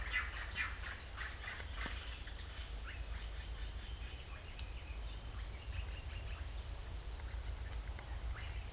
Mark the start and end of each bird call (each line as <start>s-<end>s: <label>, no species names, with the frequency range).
0.00s-2.19s: bird call (0.7-6.1 kHz)